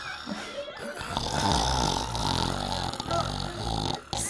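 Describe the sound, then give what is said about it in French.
A woman's voice imitates a snore, a loud, rasping, pig-like snort drawn out over several seconds with a gravelly, rattling texture, alone with no talking. “Pourriez-vous me donner un ronflement, s'il vous plaît, mademoiselle ?”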